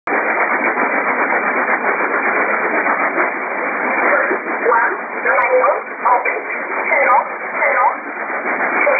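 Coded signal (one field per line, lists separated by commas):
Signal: numbers station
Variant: E11 Oblique, English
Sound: heavy shortwave hiss, then a faint voice reading short spoken words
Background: radio static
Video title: 09 12 2017 Numbers station E11 Oblique in English to Eu 0805 on 7377 unknown tx site in USB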